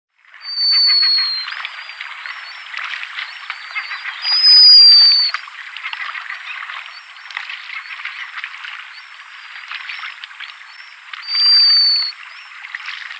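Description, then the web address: Black guillemot producing three long, high, sibilant whistles several seconds apart against constant rushing background noise. "Schulze Peter Black Guillemot song"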